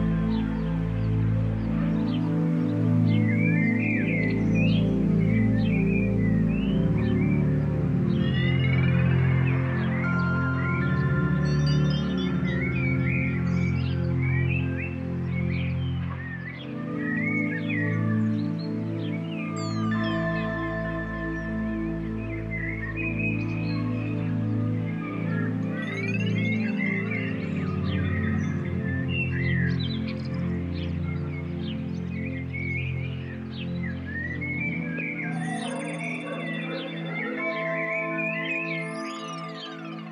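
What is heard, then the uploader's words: Birds chirp and trill by the window throughout, small bright calls scattered over a loud, steady, ringing low drone that fills the background. Birds By The Window. Impro done in the afternoon, over a recording of birds in the courtyard. Slightly compressed.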